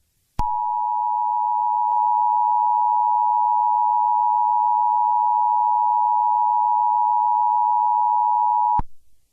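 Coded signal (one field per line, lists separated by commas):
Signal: Emergency Alert System (SAME) tones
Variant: 853 and 960 Hz attention tone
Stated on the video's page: Christmas special alert, not a real broadcast.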